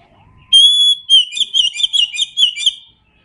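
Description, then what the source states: Oriental magpie-robin song opening with a long, steady pure whistle, then a quick string of rich, bouncing whistled notes that fade out. Indonesian name kacer; described as gacor, meaning singing vigorously.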